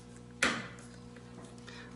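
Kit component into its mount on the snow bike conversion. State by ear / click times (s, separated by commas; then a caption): seated / 0.4 s. During a Yeti snow bike kit install on a Yamaha 450, a Ninja backup kit part is pushed into its mount and snaps into place with a sharp snap at 0.4 s. The snap then decays over a steady low hum, with faint small ticks around 1.2 s and 1.7 s. The part is seated.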